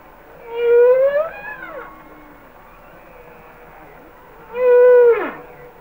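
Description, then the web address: Humpback whale song, two clear high wailing units that rise then sweep sharply down, separated by a few seconds of quiet with faint lower tones. "Whale Songs Sounds of Nature - Humpback Whales"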